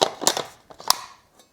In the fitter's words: snaps right in